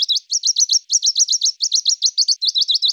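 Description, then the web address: Western Bonelli's warbler giving dry, high trills of quick identical notes, several bursts in a row separated by brief pauses, with no other sounds noticeable. "Phylloscopus bonelli"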